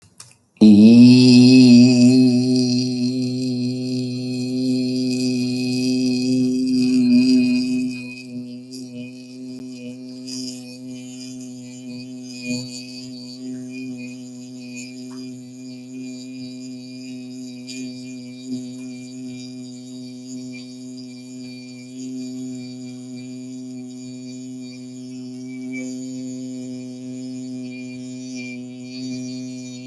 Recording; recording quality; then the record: sustained vowel as in beet; excellent, no background noise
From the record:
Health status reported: healthy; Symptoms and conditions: none ticked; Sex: male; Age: 33 years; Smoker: not ticked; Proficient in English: yes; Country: India